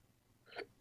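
Adult. A hiccup: a single brief, sharp burst of sound, part of a bout of hiccups that are out of control.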